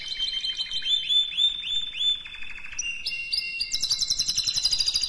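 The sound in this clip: Canary delivering quick rising chirps in series, then switching to high rapid trills and rolling tours that keep going to the end.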